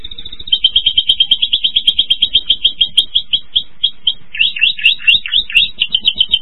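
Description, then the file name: Spanish Timbrado canary singing a long, fast, evenly pulsed high trill that holds steady, then breaks into choppier chirping notes near the end. "Golosa ptic - Ispanskaya pevchaya kanarejka Timbrados Spanich Timbrado Canary"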